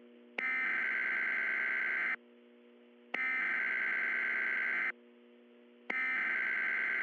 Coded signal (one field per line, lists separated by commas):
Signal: Emergency Alert System (SAME) tones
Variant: header bursts